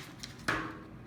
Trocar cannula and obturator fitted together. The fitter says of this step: and again they're merried sets so it clicks right in make sure it's clicked in